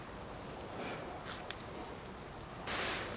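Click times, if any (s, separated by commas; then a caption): none. On a 2006 Hyundai Porter, a retaining snap ring is being pressed into its groove in the propeller shaft yoke over the bearing cup while a new universal joint cross is fitted. Faint handling rustles and a soft tick near 1.5 s sit over a low steady background, then a broad hiss begins at about 2.7 s and a brief sharp tap comes at the very end. Nothing has seated or clicked yet.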